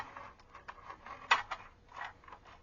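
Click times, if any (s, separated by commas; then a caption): none. A plastic mask piece with small side tabs is pressed into the head of a large plastic Transformers transforming robot toy, producing a series of soft plastic taps and scrapes with a sharper knock near 1.3 seconds. The tabs fail to click into place, and nothing has seated or clicked yet.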